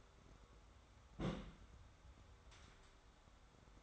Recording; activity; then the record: daily activity, microphone in the room; place on stove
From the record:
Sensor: 3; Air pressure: 1010.3 hPa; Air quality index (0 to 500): 166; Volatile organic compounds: 9 ppm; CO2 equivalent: 2170 ppm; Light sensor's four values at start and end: 50/125/55/61 and 50/124/55/61